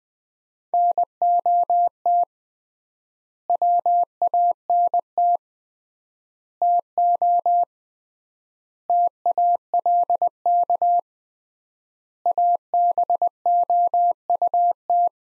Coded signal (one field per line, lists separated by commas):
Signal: Morse code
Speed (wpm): 20 wpm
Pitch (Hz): 700 Hz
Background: none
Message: NOT WANT TO TALK ABOUT